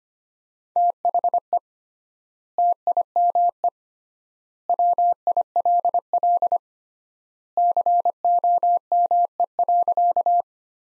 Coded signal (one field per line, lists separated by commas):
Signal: Morse code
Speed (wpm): 25 wpm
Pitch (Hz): 700 Hz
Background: none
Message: THE TIME WILL COME.